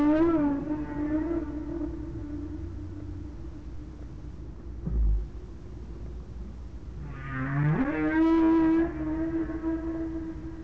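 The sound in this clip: Whale sounds: a long, level tonal moan at the start, a quieter stretch, then a rising harmonic whoop that settles into another held tone.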